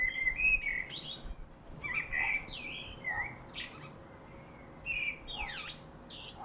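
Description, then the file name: Common blackbird producing a busy run of warbled whistles mixed with high scratchy twitters and sweeping squeaks, phrases following closely, over a constant low hum. "Turdus merula"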